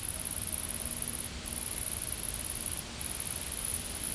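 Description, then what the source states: Insect buzzing: a high-pitched buzz broken by two brief gaps, with faint low background noise. Recorded in a field.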